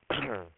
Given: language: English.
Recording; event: throat vibration sensor signal played as sound; cough